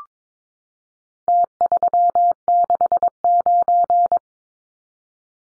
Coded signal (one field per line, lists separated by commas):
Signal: Morse code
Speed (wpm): 22 wpm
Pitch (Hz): 700 Hz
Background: none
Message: T369